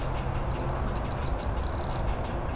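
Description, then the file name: Eurasian wren song: a quick run of high, thin whistled notes and short trilled phrases, shrill and tumbling, over a low steady background rumble. "Troglodytes troglodytes"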